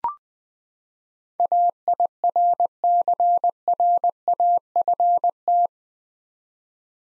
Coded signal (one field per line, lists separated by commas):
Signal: Morse code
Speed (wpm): 21 wpm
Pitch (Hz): 700 Hz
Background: none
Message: AIRCRAFT